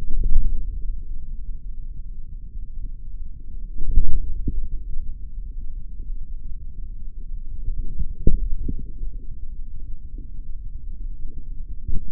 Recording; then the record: forearm muscle sounds (acoustic myography)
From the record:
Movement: forearm supination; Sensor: system 3, bracelet of six PUI Audio POM-2738L microphones around the upper forearm, with dedicated amplification and filtering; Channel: 6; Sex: male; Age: 26 years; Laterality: right